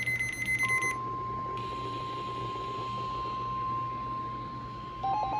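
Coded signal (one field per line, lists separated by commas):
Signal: Emergency Alert System (SAME) tones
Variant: 1050 Hz attention tone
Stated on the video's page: Required weekly tests received off two NOAA Weather Radio stations.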